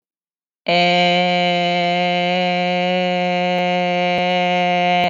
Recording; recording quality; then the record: sustained vowel as in made; excellent, no background noise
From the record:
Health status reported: healthy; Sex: female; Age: 22 years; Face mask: not worn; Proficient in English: yes